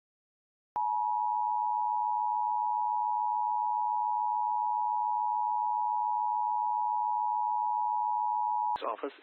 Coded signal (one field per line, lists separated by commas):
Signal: Emergency Alert System (SAME) tones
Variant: 853 and 960 Hz attention tone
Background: speech